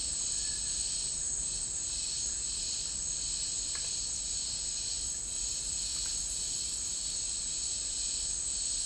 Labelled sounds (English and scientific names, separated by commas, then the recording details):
none
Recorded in dense forest near Puerto Asís, Putumayo, Colombia, on 12 March 2025 at 12:30
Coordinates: 0.485, -76.318
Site G056